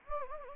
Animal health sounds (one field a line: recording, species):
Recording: mosquito wingbeat signal from an infrared sensor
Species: Anopheles gambiae